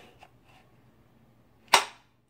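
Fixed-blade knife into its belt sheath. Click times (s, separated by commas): 1.7 s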